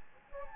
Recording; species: mosquito wingbeat signal from an infrared sensor; Anopheles gambiae